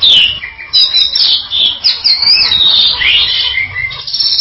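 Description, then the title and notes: Bali myna giving harsh, grating chatter blended with slurred whistles, a continuous rough phrase that wavers up and down. "Jalak Bali. Kicau Burung Jalak"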